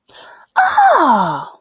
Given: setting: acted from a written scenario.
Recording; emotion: vocal sound without words; positive surprise